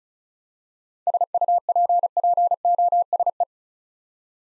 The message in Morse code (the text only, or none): SUPPOSE